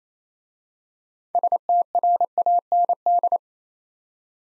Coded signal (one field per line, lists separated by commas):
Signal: Morse code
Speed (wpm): 28 wpm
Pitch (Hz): 700 Hz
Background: none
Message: STRAND